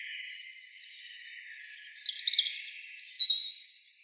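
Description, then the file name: European robin delivering one fast, high twittering phrase of sliding thin notes after a quiet start, fading out at the end. "Erithacus rubecula"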